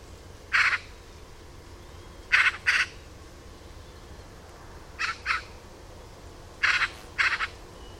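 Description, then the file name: Eurasian magpie giving harsh chattering calls, single and in quick pairs, several bursts in eight seconds. "Pica pica"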